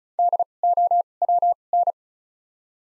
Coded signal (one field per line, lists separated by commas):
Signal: Morse code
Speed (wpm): 36 wpm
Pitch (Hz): 700 Hz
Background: none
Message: D O W N